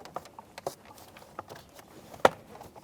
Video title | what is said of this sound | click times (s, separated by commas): How to Replace Combination Switch 2002-2005 Ford Explorer | with the grooves like that the click right into place | 2.2 s